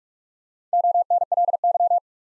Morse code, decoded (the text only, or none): ONLY